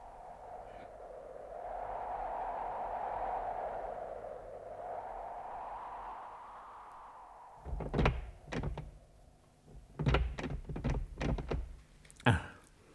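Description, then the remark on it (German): A locked temple door is tried repeatedly, its latch and frame rattling in a series of sharp thunks and knocks after a stretch of low, steady hum, ending with a final hard clack. “Ich dachte, wir könnten in diesem Tempel Schutz finden. Aber die Tür ist verschlossen.”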